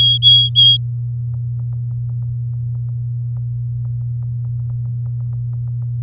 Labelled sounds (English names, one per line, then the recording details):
Domestic Canary song
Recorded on 7 May 2018 at 06:43
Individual llb16